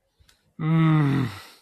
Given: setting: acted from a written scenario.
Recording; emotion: vocal sound without words; anger